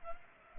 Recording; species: mosquito wingbeat signal from an infrared sensor; Culex pipiens